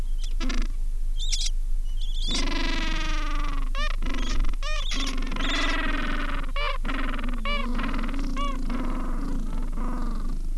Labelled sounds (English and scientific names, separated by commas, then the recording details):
Gentoo Penguin (Pygoscelis papua)
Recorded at the colony at Ocean Harbour, on 7 January 2016
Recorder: Song Meter SM2+